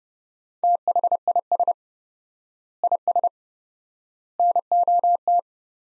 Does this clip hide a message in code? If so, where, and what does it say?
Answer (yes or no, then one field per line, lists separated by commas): yes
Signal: Morse code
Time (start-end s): 0.6-5.4 s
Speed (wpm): 30 wpm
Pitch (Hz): 700 Hz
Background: none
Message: THIS IS NOT